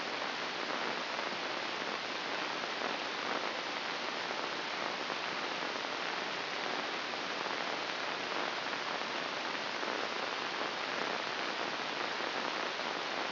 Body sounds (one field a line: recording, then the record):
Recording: brain microelectrode recording played as sound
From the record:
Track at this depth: inside the subthalamic nucleus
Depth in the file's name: 3.741 mm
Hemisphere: right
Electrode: 2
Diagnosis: Parkinson's disease